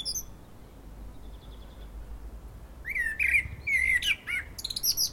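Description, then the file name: Common blackbird song: faint high notes, a short lull, then a phrase of mellow warbled whistles ending in shrill squeaky twitters. "Turdus merula"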